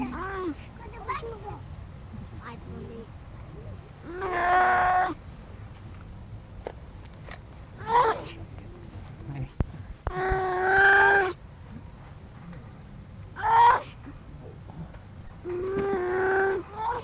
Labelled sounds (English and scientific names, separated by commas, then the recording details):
Grey Seal (Halichoerus grypus) call
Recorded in captivity
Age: juvenile
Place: Zoo Rostock, Mecklenburg-Vorpommern, DE
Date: 1962-05-06 10:00
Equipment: Minifon, Kopie Smaragd
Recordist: Tembrock, Günter